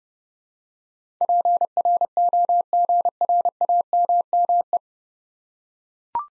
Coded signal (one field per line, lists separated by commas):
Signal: Morse code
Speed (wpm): 30 wpm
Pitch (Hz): 700 Hz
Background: none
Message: PROGRAMME